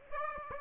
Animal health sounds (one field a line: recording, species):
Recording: mosquito wingbeat signal from an infrared sensor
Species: Aedes aegypti